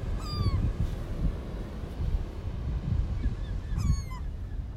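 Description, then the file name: Gull calls, two short mewing cries that slide downward, one at the start and one near the end, over a loud steady low rumbling background. Coney Island. "Seagulls Coney Island"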